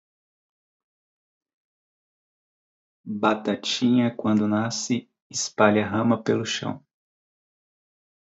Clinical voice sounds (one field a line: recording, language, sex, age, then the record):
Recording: short text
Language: Brazilian Portuguese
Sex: male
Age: 30 to 39 years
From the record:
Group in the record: control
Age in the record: 32 years